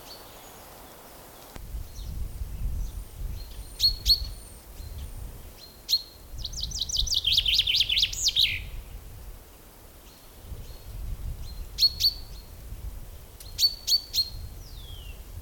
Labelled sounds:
Common Chaffinch (Fringilla coelebs)
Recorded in the wild
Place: Liebenthal, Schorfheide, Brandenburg, DE
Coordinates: 52.92, 13.46
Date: 1996-04-07 12:35
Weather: heiter, 15°C, z.T. windig
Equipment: Nagra SN, Sennheiser MKH 416 T, Kopie Uher 4000 Report Monitor
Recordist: Tembrock, Günter
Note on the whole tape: Gesang: 2 Strophentypen (sehr gut), eine Strophe stets "abgebrochen", die andere am Schluß mit Wiederholung. Danach eine Strophe und Rufe eines anderen Exemplares, darauf Gesang (2 Strophentypen)

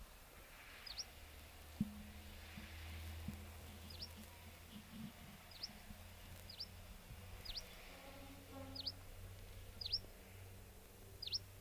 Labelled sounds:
Canary Islands Chiffchaff (Phylloscopus canariensis) call
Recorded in the wild
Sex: female
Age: adult
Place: Puerto de la Cruz, Teneriffa, Teneriffa, Kanarische Inseln, ES
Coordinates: 28.4139, -16.5483
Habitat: park
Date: 1964-04-27 18:00
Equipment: Nagra III PH, LGS26
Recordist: Schneider, Hans-Joachim

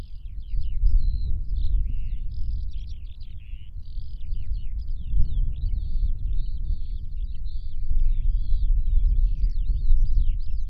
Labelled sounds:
Eurasian Skylark (Alauda arvensis) song
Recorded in the wild
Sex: male
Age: adult
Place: Bad Sulza, Thüringer Becken, Thüringen, DE
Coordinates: 51.0861, 11.6503
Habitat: field
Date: 2012-03-10 14:04
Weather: 6°C, cloudy, moderate winds
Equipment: Sound Devices 702, Sennheiser MKH 415 T, Rhode Windschutz
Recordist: Frommolt, Karl-Heinz

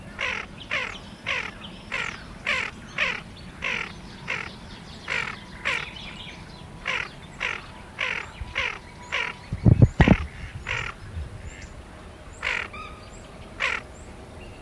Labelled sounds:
Tufted Duck (Aythya fuligula) call
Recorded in the wild
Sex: pair
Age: adult
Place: Karower Teiche, Naturpark Barnim, Berlin, DE
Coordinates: 52.6222, 13.4597
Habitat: pond
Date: 1989-05-26 21:48
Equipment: Riporter 6 RG-K, Halbspur, Sennheiser MKH 416 T
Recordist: Frommolt, Karl-Heinz

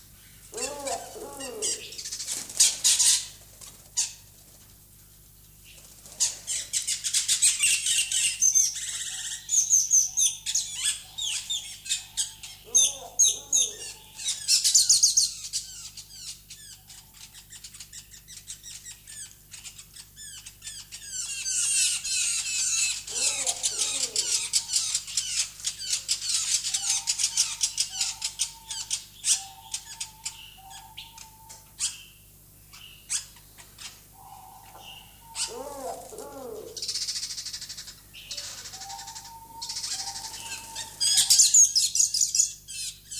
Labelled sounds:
Diamond Dove (Geopelia cuneata) courtship call
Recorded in captivity
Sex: diverse
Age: adult
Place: Zoo Berlin, Berlin, DE
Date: 2004-04-22 16:48
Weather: sunny, 22-24°C
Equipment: Fair Mate ST-1328 (Asahi Electronics, Japan), Sennheiser ME 80, Kopie Uher 4000 Report Monitor
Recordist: Tembrock, Günter

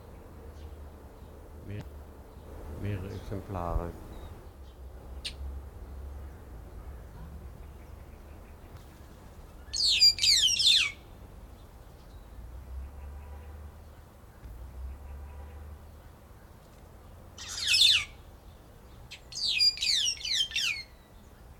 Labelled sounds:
White-headed Buffalo-Weaver (Dinemellia dinemelli)
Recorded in captivity
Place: Zoo Berlin, Berlin, DE
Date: 1992-10-24 12:16
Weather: bedeckt, 4-6°C
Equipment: Marantz CP 430, Sennheiser ME 80, Kopie Tesla B 116
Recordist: Tembrock, Günter
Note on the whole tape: 3 Exemplare, Lautfolgen, Abstand 2 m (sehr gute Aufnahme)

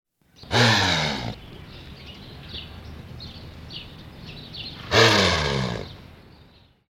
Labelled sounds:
Black Wildebeest (Connochaetes gnou)
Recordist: Tembrock, Günter
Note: Erregungslaut eines Bullen

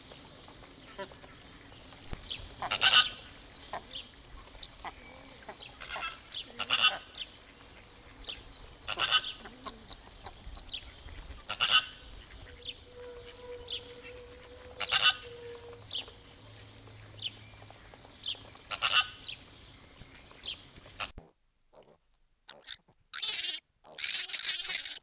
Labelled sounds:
Chilean Flamingo (Phoenicopterus chilensis) call
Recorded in captivity
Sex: group
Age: adult
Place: Zoo Halle, Sachsen-Anhalt, DE
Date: 2002-06-17 18:24
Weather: sonnig, 30°C
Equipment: Nagra SN, Kopie Uher 4000 Report Monitor
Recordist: Tembrock, Günter

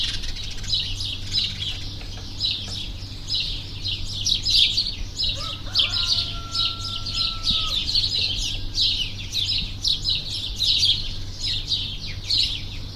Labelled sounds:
House Sparrow (Passer domesticus) call
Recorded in the wild
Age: adult
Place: Linmi Keriou, Zakynthos, Ionien Islands, GR
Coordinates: 37.6894, 20.8392
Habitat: urban area
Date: 2012-06-26
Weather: 20°C, sunny, almost windless
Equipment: Sound Devices 702, Sennheiser MKH 415 T, Rhode Windschutz
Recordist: Frommolt, Karl-Heinz
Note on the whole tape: Hotel Harmonie: Rufe von Haussperlingen in einer Brutkolonie. Entfernung ca. 10 m

